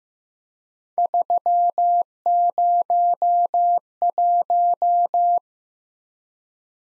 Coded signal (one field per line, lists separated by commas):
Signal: Morse code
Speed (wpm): 15 wpm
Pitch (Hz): 700 Hz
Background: none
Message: 301